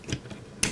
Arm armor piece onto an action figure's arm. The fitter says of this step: till you hear a pop